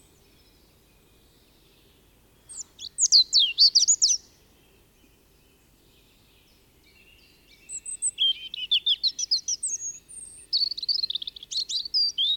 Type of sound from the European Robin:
song